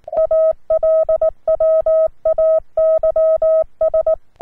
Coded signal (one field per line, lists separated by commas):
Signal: Morse code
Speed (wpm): 19 wpm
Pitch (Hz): 640 Hz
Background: none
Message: ALWAYS